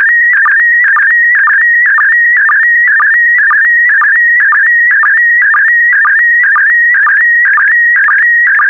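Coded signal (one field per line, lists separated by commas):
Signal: SSTV (slow-scan television)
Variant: PD120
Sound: steady warbling high tone with regular short low chirps about twice a second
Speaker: complete. You can now check your decoded image against the picture that is shown on the video.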